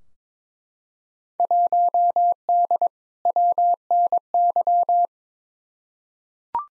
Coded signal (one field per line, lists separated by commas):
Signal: Morse code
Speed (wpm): 22 wpm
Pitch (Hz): 700 Hz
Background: none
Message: 1D WNY